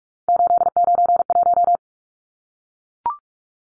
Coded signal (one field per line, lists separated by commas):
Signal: Morse code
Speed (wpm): 44 wpm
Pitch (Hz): 700 Hz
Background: none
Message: 891